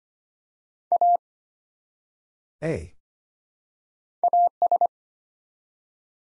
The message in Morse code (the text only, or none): A AS